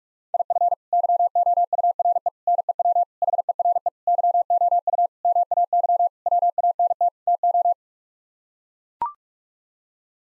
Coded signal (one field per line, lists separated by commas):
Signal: Morse code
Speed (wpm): 41 wpm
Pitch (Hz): 700 Hz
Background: none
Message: IF YOURE NEW HERE YOU MAY WANT TO